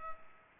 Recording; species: mosquito wingbeat signal from an infrared sensor; Culex pipiens